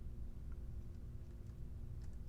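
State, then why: Not seated. A power plug is lined up with its matching slot on the Redline circuit board of an Empire Axe 2.0 marker, its key set against the slot before pushing it in. Only a steady low hum and a few faint, soft handling ticks are heard. Nothing has clicked or seated yet.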